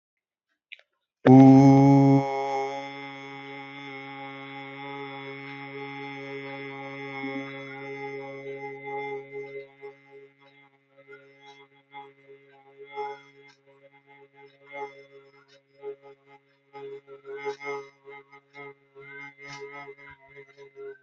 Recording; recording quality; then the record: sustained vowel as in boot; moderate, slight background noise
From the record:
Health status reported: healthy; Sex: male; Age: 24 years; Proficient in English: yes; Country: India